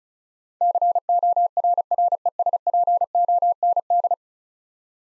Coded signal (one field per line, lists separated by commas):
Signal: Morse code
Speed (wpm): 36 wpm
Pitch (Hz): 700 Hz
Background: none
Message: CORRESPOND